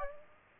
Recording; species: mosquito wingbeat signal from an infrared sensor; Aedes aegypti